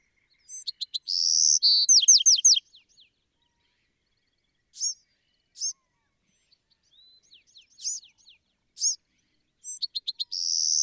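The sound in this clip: Bewick's Wren song: a buzzy phrase ending in descending notes, then scattered high notes, and a new buzzy song starting at the end.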